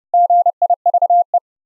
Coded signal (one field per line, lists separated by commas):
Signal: Morse code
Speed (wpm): 30 wpm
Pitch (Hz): 700 Hz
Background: none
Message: GIVE